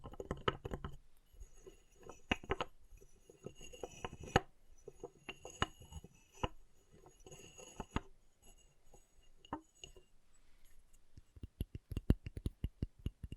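Chalk being carved and cut with a stream of short, sharp scrapes and taps, some with a bright, glassy click. The strokes come in irregular clusters with brief pauses, quieter through the middle, then a quick run of crisp ticks near the end.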